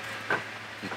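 A plastic hose protector sleeve is pushed hard onto a reusable air hose end fitting, over a steady hiss and low hum. A sharp click at 0.3 s marks the sleeve snapping into place on the fitting, followed by softer handling sounds near the end.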